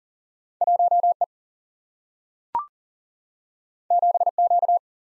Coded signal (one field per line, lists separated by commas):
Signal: Morse code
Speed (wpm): 42 wpm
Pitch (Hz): 700 Hz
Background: none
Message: 1 E 7 Q